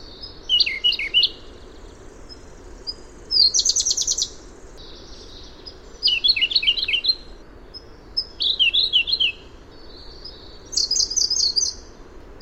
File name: suara robin biru siberia omkicau